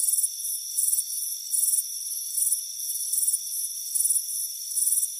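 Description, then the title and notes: Crickets chirping in high, pulsing bursts over a steady high-pitched drone. Crickets chirping on a warm afternoon on a front porch. "Soothing Crickets Chirping Sound. It's a warm afternoon as you relax in a hammock on the front porch. Relax and fall asleep to the soothing sound of chirping crickets. Deep Sleep Sounds"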